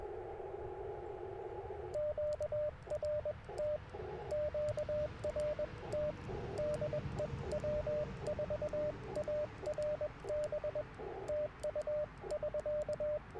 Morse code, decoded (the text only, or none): QRT QRT DE W4ARB TU <SK>